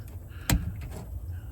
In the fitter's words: you heard that click it unlocks it and then we just start screwing that in until we get up to